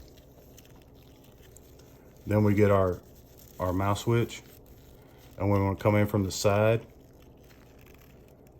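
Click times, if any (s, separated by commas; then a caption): none. A mouse switch is lined up and brought toward a controller trigger mount from the side, just before being pushed home, while someone talks. Only faint, quiet ticks of handling are heard between the speech, and nothing has seated or clicked yet.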